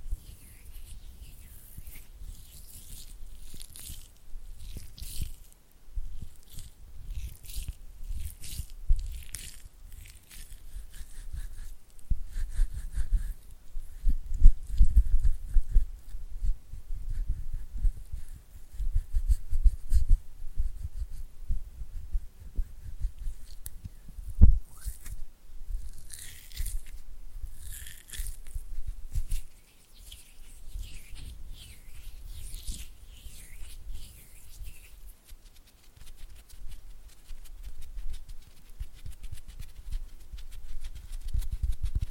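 Oily hands squelch and flutter fingers patter in a busy, irregular run of wet slaps and quick rubbing strokes. Dense low thumps carry through, with bright slick bursts clustering around 25 to 28 seconds, then thinning after 30 seconds into sparser, quieter movements.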